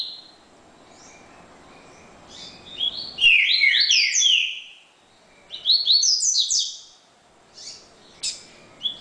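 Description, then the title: Double-collared seedeater song in two main bursts of fast, tumbling whistled notes, with a few softer notes before and after. "Canto Coleiro"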